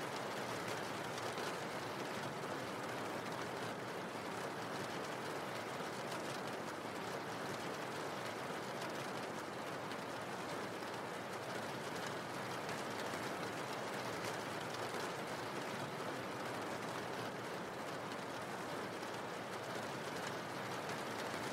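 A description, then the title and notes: Rain falls in a dense, steady hiss across the whole span, with constant fine crackle and no distinct drops or pauses. RAIN SOUNDS. RAIN AMBIENCE.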